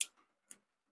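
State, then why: Seated. After the second cylinder is swapped into a Ruger New Model Single Six Convertible single-action revolver, the steel cylinder base pin (rod) is pushed back into the frame and snaps into place with a sharp, bright click at 0.0 s. A fainter click follows at 0.5 s, and the base pin is seated.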